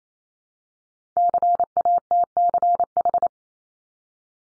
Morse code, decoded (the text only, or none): CATCH